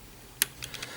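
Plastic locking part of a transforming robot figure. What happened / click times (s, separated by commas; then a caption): The plastic lock popped open / 0.4 s. A firmly locked plastic locking part of an FT-31C Spoiler transforming robot figure is levered loose with a tool during transformation. One sharp click comes at 0.4 s, followed by a few fainter ticks. The part is released and open.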